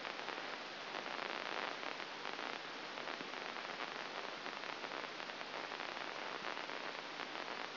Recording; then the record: brain microelectrode recording played as sound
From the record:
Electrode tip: inside the subthalamic nucleus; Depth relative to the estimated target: -3.5 mm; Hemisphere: right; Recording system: AlphaMap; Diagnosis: Parkinson's disease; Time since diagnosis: 11 years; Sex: female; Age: 60 years